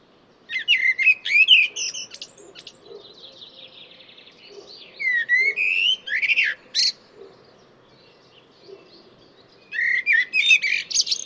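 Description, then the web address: Bird song in three bursts of quick, varied whistled notes with sharp chirps and buzzy elements, separated by pauses over a steady low hum. "Deverinetal 2025. Bird Only"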